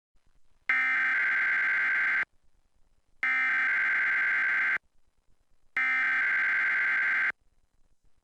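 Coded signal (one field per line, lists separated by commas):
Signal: Emergency Alert System (SAME) tones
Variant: header bursts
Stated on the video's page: Required monthly test from a Lansing, Michigan CBS TV affiliate.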